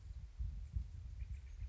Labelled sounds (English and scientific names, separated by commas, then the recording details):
Steller's Jay (Cyanocitta stelleri)
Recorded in Sonoma County, California